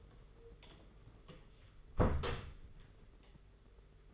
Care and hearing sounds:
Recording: daily activity, microphone in the room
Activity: close door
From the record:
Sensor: 4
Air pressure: 992.4 hPa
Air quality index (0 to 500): 112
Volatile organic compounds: 20 ppm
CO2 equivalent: 2706 ppm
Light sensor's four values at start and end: 20/71/26/27 and 21/73/26/28

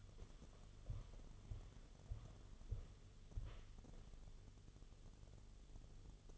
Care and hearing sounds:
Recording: daily activity, microphone in the room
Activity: walk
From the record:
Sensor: 4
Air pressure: 1016.2 hPa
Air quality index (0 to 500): 168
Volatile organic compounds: 6 ppm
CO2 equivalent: 1914 ppm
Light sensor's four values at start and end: 10/22/9/8 and 10/22/9/8

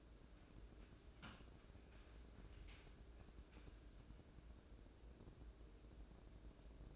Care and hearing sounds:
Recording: daily activity, microphone in the room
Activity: wipe stove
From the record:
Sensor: 2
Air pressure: 1012.1 hPa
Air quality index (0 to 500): 155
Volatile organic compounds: 2 ppm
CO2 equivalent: 1135 ppm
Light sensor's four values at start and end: 373/930/374/388 and 370/921/371/384

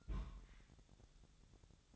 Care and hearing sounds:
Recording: daily activity, microphone in the room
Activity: place on stove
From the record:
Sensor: 3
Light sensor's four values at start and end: 7/18/7/7 and 7/18/7/7

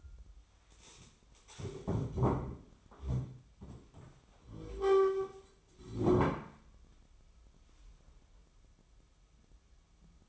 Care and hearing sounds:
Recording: daily activity, microphone in the room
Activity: stand up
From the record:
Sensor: 1

